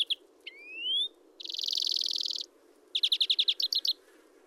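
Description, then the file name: European greenfinch giving a rising whistled note, then a long buzzy wheeze lasting about a second, followed by a fast run of repeated chirping notes. "Chloris chloris"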